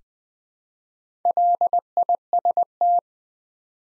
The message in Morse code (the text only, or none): LIST